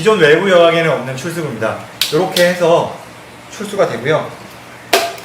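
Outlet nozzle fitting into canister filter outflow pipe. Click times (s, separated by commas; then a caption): 4.9 s. A plastic outlet nozzle for a Periha EH-1500U canister aquarium filter is pushed onto the filter's outflow pipe while someone talks. It locks in place with a sharp click at 4.9 seconds, and the connection is made.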